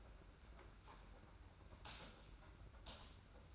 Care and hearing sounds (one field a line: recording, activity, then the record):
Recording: daily activity, microphone in the room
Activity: typing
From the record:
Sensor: 2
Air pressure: 991.6 hPa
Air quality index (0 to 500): 193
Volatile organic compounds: 1000 ppm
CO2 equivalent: 6348 ppm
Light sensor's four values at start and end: 26/82/32/30 and 27/85/33/31